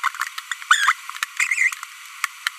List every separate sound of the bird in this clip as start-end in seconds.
0.04-0.08, 0.71-0.92, 1.37-1.74